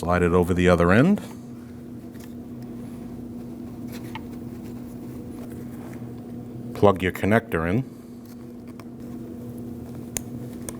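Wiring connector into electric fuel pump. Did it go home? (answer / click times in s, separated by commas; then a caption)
yes / 10.2 s. Someone talks while an electrical connector is pushed onto the plastic terminal of a new electric fuel pump for a 2003-2008 Subaru Forester 2.5L H4, over a steady low hum. A sharp click at 10.2 s marks the connector latching, and it is seated.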